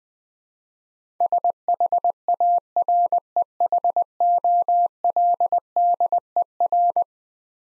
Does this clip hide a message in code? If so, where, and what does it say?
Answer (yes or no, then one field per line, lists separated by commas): yes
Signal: Morse code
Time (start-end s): 1.2-7.0 s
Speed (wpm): 20 wpm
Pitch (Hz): 700 Hz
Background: none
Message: SHAREHOLDER